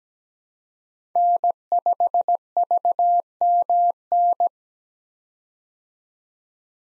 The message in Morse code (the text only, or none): N5VMN